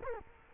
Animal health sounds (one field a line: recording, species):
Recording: mosquito wingbeat signal from an infrared sensor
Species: Culex quinquefasciatus